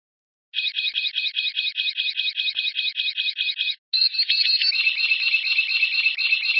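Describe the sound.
White-rumped shama song: a steady string of quick repeated notes, then a short pause and a denser, continuous buzzy trilling chatter.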